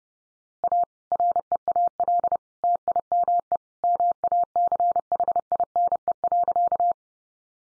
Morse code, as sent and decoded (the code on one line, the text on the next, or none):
.- / .-. . .- .-.. / - .. -- . / -- .- -.-. .... .. -. . .-.-.-
A REAL TIME MACHINE.